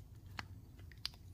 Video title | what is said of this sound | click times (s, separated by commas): 2022+ Fox Float X / DHX low speed compression upgrade. | assist and it should click into place | 0.4 s, 1.0 s